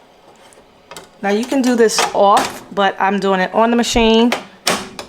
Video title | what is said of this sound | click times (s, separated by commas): How did I make this Big Embroidery Mistake? First Time Using my 8 In 1 Device. | locks in place just like a regular bracket | 4.7 s